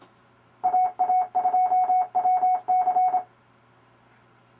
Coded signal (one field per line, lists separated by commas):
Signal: Morse code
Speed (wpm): 28 wpm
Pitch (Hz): 740 Hz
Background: none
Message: AA2WC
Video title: Demonstration of RufzXP Morse Code practice program